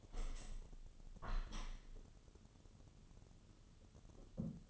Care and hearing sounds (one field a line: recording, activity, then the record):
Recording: daily activity, microphone in the room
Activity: open window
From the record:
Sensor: 4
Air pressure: 1015.8 hPa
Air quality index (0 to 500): 89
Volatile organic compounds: 2 ppm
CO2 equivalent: 993 ppm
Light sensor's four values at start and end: 9/20/8/7 and 9/20/8/7